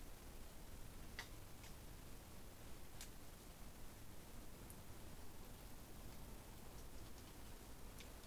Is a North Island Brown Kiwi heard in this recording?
no